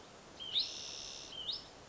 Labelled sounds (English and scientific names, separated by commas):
Spotted Towhee (Pipilo maculatus)